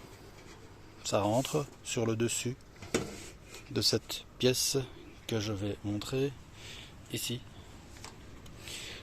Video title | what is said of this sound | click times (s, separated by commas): 14/08/2023. Enfin,fini le Velux 🥳 | donc hop ça clip ça se coince vraiment bien | 8.0 s